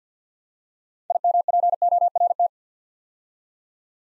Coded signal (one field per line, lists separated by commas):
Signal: Morse code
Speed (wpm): 48 wpm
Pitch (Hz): 700 Hz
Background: none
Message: IMPORT